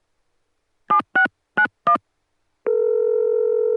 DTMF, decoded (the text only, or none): 7691